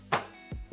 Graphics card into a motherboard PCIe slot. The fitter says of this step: bring it close to the top PCI bracket and slide it in place until it snaps just like